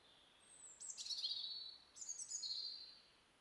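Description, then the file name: European robin giving two short phrases of high, thin whistles that drop in pitch, faint against steady hiss. "Erithacus rubecula"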